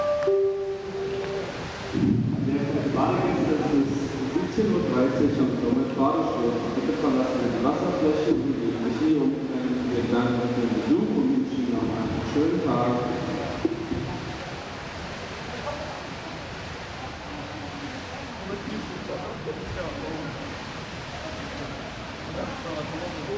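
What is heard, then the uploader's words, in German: An indoor swimming pool with a steady wash of splashing and reverberant echo filling the hall. In the first half, voices and shouts ring out over the water noise, then the scene settles into a quieter, even hiss after about fourteen seconds. Beruhigende Echos im Hallenbad - Setz dich an den Beckenrand und Lausche dem Rauschen.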